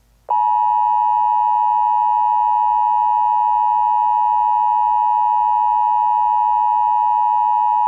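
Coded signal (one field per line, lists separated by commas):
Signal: Emergency Alert System (SAME) tones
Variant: 853 and 960 Hz attention tone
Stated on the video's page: Fictional alert scenarios from a serialized series, not real broadcasts.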